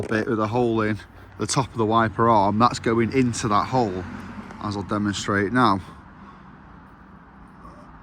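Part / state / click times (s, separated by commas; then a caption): wiper blade onto front windscreen wiper arm / not seated / none. A front windscreen wiper blade on an Alfa Romeo Mito is lined up on the pin and hole at the top of the wiper arm and pushed down. Someone talks for about six seconds, and then quieter handling noise follows. The blade is only lined up here, and nothing has clicked into place yet.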